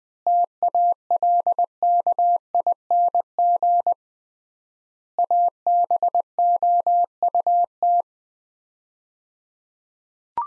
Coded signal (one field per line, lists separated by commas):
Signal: Morse code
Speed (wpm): 20 wpm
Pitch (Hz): 700 Hz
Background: none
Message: TALKING ABOUT